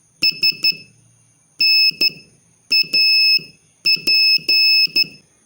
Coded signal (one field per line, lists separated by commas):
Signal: Morse code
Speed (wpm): 12 wpm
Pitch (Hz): 2600 Hz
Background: none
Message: SNAP